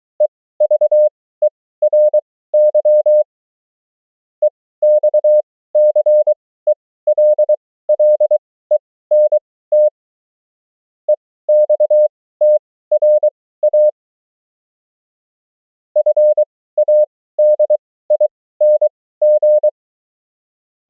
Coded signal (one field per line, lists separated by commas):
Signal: Morse code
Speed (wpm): 23 wpm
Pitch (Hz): 600 Hz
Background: none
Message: EVERY EXCELLENT EXTRA FADING